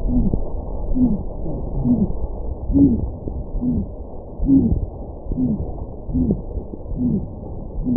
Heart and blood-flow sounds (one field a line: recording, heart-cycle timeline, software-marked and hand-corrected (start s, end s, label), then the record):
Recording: heart sounds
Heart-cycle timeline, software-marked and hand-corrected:
0.00	0.10	diastole
0.10	0.26	S1
0.26	0.46	systole
0.46	0.56	S2
0.56	0.98	diastole
0.98	1.12	S1
1.12	1.30	systole
1.30	1.40	S2
1.40	1.86	diastole
1.86	2.00	S1
2.00	2.20	systole
2.20	2.30	S2
2.30	2.74	diastole
2.74	2.92	S1
2.92	3.14	systole
3.14	3.24	S2
3.24	3.62	diastole
3.62	3.74	S1
3.74	3.90	systole
3.90	4.00	S2
4.00	4.48	diastole
4.48	4.62	S1
4.62	4.82	systole
4.82	4.92	S2
4.92	5.38	diastole
5.38	5.50	S1
5.50	5.70	systole
5.70	5.78	S2
5.78	6.14	diastole
6.14	6.28	S1
6.28	6.48	systole
6.48	6.56	S2
6.56	7.00	diastole
7.00	7.14	S1
7.14	7.32	systole
7.32	7.42	S2
7.42	7.88	diastole
7.88	7.97	S1
From the record:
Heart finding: aortic stenosis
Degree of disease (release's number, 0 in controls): 2 to 3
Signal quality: good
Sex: male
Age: 90 years or older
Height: 1.65 m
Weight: 90 kg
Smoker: yes